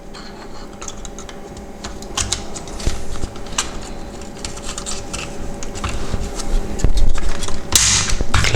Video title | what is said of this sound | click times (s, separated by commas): Displaytausch Reparatur VW T4 (2000) / Golf 4 / Bora - Pixelfehler Hamburg | Man hört auch immer ob es eingerastet ist. | 2.3 s, 8.3 s